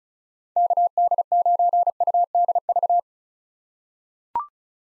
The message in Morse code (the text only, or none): KD9UDV